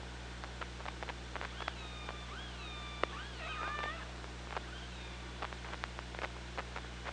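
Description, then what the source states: Killer whale calls: a run of looping, wavering harmonic calls in the middle seconds, with frequent clicks and a low mechanical hum underneath. Recorded on the OrcaLab hydrophone, 24 August 2017 at 15:47.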